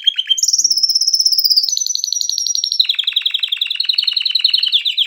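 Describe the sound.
Canary song with a high, fast trill that steps down, then a loud, rapid rattling trill continuing to the end.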